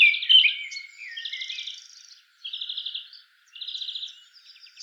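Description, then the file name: Eurasian blackcap: songbird giving an opening note then repeated short buzzy rattling trills with brief pauses between. "Sylvia atricapilla"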